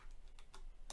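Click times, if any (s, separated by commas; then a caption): 0.9 s. One end of a USB cable is pushed into the USB port of an Arduino microcontroller board so it can draw power from a computer. Two softer taps at about 0.4 and 0.5 s are followed by the sharpest, loudest click at 0.9 s as the plug seats in the socket.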